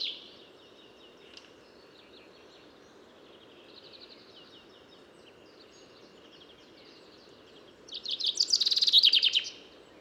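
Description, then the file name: Common chaffinch song: one loud, fast trill phrase near the end, after a long stretch of quieter faint bird notes. "Fringilla coelebs"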